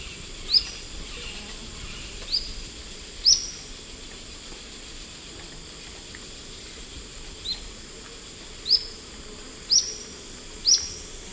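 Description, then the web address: Olive-faced Flatbill giving short, sharp, high chip notes at irregular intervals, several in all, over a steady buzzing insect drone. Recorded in the eastern lowlands of South America. "Nature Songs S America Eastern Lowlands. Olive-faced Flatbill"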